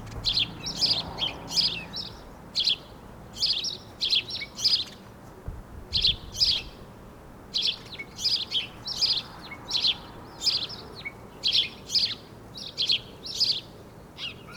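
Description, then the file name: House sparrow chirping, short harsh notes in quick bursts of two to four, repeated steadily throughout with brief pauses. "Passer domesticus"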